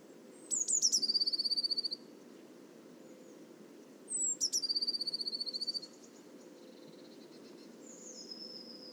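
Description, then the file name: Eurasian blue tit singing two phrases about four seconds apart, each made of high descending notes followed by a quick, ringing trill, over a low constant hum. "Cyanistes caeruleus"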